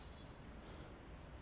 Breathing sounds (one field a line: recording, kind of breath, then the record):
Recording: one breath in and out by a microphone near the nose and mouth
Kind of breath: normal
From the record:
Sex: male